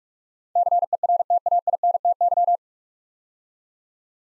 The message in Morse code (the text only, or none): CERTAINTY